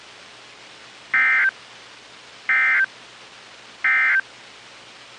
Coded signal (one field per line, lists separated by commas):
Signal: Emergency Alert System (SAME) tones